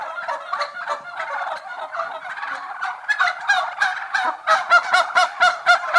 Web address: turkeys interior general atmosphere of turkey hens